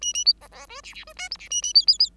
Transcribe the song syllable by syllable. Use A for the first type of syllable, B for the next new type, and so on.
A A B C C D E E D F G E A A B B B